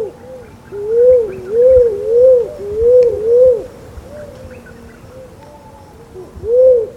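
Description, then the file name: Common cuckoo call: a run of five mellow, rounded hooting notes, then a pause and one more note, over a quiet background. "cuculo"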